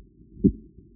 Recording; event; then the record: neck accelerometer signal played as sound; voluntary cough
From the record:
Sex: male